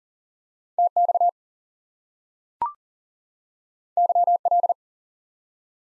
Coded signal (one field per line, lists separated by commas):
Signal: Morse code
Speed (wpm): 40 wpm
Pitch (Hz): 700 Hz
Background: none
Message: TX YL